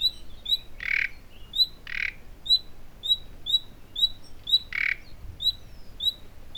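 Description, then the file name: Common nightingale calls: clear high whistles repeated in a loose series, with three louder, harsh noisy notes among them. "Luscinia megarhynchos"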